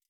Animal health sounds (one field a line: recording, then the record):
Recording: hydrophone in a shrimp aquaculture tank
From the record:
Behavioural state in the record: feeding